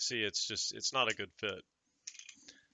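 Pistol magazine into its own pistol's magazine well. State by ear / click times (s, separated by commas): seated / 2.1 s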